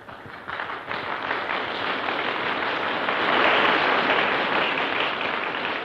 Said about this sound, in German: Ein langes Schweigen. Traut sich keiner zu klatschen. Und dann kommt doch Beifall auf.